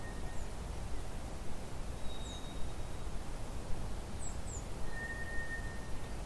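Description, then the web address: White's thrush whistling: a faint flat note at the start, one thin, faint higher whistle, then a clear, flat, sustained pure note near the end, with scattered high chirps and constant low background rumble. "drozd"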